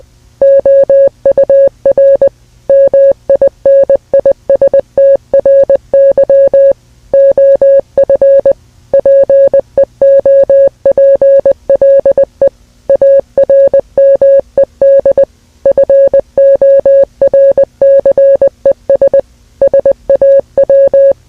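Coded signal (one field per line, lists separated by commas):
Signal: Morse code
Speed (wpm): 20 wpm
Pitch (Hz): 550 Hz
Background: music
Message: OUR MINISTRY OF PEOPLE ARMED FORCES SAW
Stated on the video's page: Simulated EAS scenario about a nuclear war.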